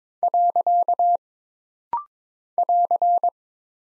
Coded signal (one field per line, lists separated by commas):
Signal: Morse code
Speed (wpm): 22 wpm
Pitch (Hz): 700 Hz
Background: none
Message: . <AR>